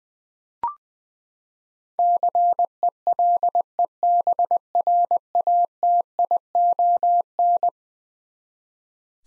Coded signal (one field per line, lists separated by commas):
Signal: Morse code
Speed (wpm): 21 wpm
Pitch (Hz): 700 Hz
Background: none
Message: CELEBRATION